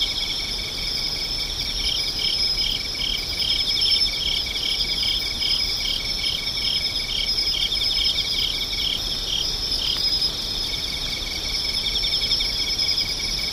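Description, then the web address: Insects chorusing: a steady pulsed chirping near the middle of the range, dense shimmering trills above, and a faint high whistling buzz, continuous throughout. "cats nishikawa 201110 mushinokoi"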